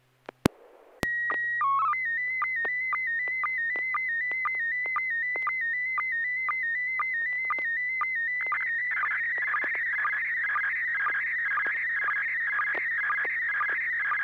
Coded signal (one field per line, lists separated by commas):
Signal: SSTV (slow-scan television)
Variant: PD 120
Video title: N6NA SSTV Net - 01/28/2026